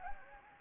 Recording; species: mosquito wingbeat signal from an infrared sensor; Anopheles gambiae